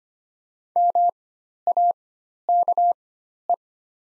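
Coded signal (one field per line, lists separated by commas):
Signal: Morse code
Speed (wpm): 25 wpm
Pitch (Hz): 700 Hz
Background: none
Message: MAKE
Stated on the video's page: Morse practice set of the top 100 words at 25 wpm with Farnsworth timing at four-times character spacing.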